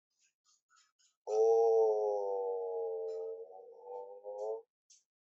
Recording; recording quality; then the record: sustained vowel as in boot; excellent, no background noise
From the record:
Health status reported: exposed to COVID-19, no respiratory illness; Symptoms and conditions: diabetes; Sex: male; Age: 35 years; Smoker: not ticked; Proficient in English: yes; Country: India